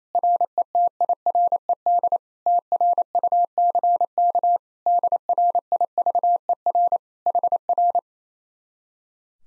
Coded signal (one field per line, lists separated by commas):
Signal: Morse code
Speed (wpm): 27 wpm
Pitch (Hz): 700 Hz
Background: none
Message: RETIRED TRUCK DRIVER HR